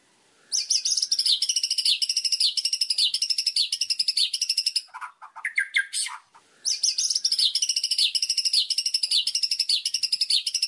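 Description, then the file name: White-rumped shama delivering long, continuous rapid buzzy trills, broken by a brief burst of harsher notes before the trilling resumes. Training recording of murai batu song intended for teaching captive songbirds, known as masteran. "suara masteran murai batu"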